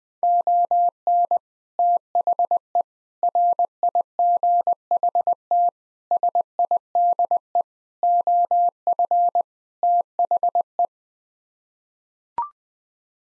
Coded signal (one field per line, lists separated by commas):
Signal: Morse code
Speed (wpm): 20 wpm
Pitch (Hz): 700 Hz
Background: none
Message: ON THE RIGHT SIDE OF THE